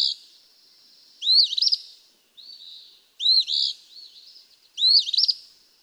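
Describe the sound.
Eastern Phoebe song, three rough, buzzy phrases with a quiet trailing buzz between them.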